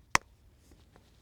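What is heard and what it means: The tight captive rear takedown pin of a B&T APC9-SD is driven home, joining the pistol grip and lower assembly to the upper receiver; the pin is tight because of the SB brace. One sharp, loud hit at 0.2 s (0.15 s) seats the pin, followed by two faint ticks near 0.2 s and 1.0 s. The pin is fully seated.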